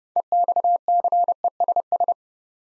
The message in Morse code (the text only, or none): EXCESS